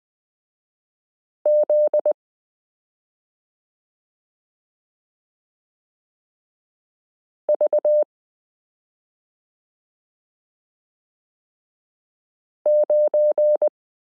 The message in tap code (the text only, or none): none